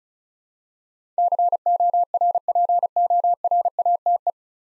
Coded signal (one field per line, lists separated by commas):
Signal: Morse code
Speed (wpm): 36 wpm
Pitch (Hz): 700 Hz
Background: none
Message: CORPORATE